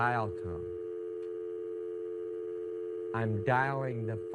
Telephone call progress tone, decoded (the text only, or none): dial tone